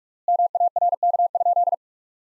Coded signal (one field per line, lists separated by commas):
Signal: Morse code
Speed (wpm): 46 wpm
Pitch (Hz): 700 Hz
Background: none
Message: MARK?